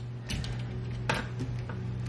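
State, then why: Seated. A small plastic clip on the frame of an under-cabinet pull-out trash can is pressed harder onto the metal slide rail, since it wasn't being pressed hard enough before. Faint ticks and rattles sound over a steady low hum, then a sharp click at 1.1 s as the clip locks onto the rail, followed by a few softer ticks. The clip is seated.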